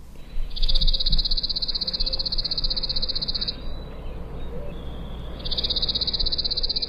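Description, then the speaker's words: Chipping Sparrow song, a long dry mechanical trill of rapid even notes lasting about three seconds, then repeated after a short pause, over low background rumble. Song, one of three repetitions played; described as having a kind of mechanical sound. "All right, here's the sound, the kind of mechanical sound of the chipping sparrow."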